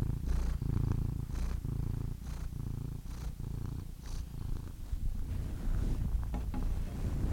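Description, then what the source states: Domestic cat purring continuously with a deep, uneven rumble, broken by faint short higher-pitched bursts and a few light clicks. Compilation of domestic cats ranging from kittens to old cats.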